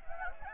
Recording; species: mosquito wingbeat signal from an infrared sensor; Anopheles gambiae